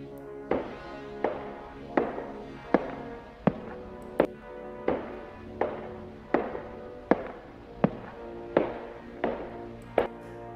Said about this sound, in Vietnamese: Long bước đi từng bước cực kỳ nặng nề và có một cảm giác bất an luôn sẵn sàng ập đến theo mình. Tiếng bước chân vang vọng trong căn nhà bừa bộn.